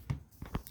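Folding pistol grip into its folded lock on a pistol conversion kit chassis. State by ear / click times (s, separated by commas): seated / 0.5 s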